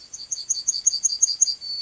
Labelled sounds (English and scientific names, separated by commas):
Yellowhammer (Emberiza citrinella) song